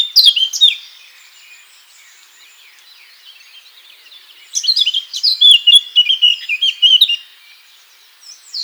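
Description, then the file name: Eurasian blackcap song: a brief loud warble at the start, then after a pause a longer run of rich, varied warbled notes. "Sylvia atricapilla"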